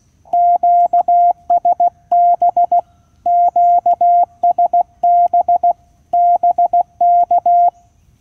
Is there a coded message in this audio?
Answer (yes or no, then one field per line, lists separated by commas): yes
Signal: Morse code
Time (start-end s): 0.3-7.7 s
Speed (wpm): 16 wpm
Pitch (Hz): 700 Hz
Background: none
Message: QSB QSB BK